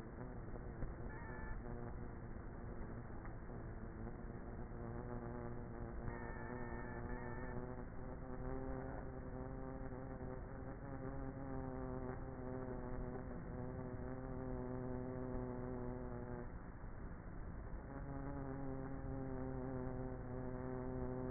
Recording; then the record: honeybee colony, microphone inside the hive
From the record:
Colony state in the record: queenless with a low population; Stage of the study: before two queens were removed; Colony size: about 30,000 bees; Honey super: no